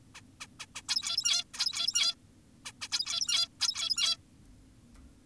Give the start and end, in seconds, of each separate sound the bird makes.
0.15-0.21, 0.41-0.47, 0.60-0.66, 0.75-0.82, 0.89-1.44, 1.54-2.15, 2.66-2.72, 2.82-2.88, 2.92-3.48, 3.60-4.17